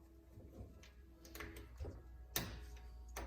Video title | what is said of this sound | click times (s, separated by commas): Yamaha Grizzly 450 Axle CV Boot Ripped - How to Replace the BOOT Bad | once that snaps into place which you can do you can keep pushing and you'll keep pushing that grease out of there | 2.4 s